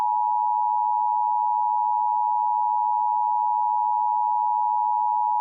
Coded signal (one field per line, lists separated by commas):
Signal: Emergency Alert System (SAME) tones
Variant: 853 and 960 Hz attention tone